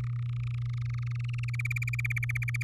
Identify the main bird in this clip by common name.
Domestic Canary